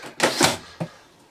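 A replacement paper dust bag is pushed up into its bag holder inside a refurbished old Electrolux canister vacuum cleaner. A burst of broad rustling and scraping from about 0.2 to 0.5 s is followed by a short, sharp click at 0.8 s. The bag clicks into place and is confirmed seated.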